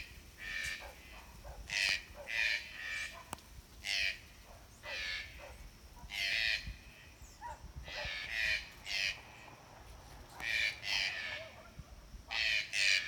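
Two green-billed toucans call back and forth in Brazil, trading harsh, croaking squawks in short bursts about every second or two, some doubled or tripled in quick succession. The calls are raspy and mid-to-bright, with a steady low rumble underneath throughout.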